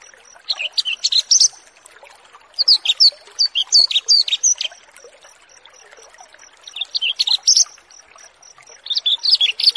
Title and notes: Branjangan VS BURGER Masteran Mewah. burung BRANJANGAN